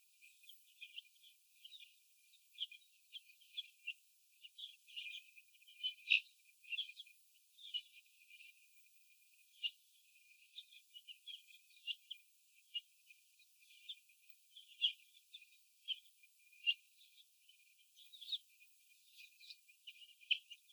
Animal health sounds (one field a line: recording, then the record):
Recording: young laying hens in a cage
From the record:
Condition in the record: after the stressor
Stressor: sudden umbrella opening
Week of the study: 2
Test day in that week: 1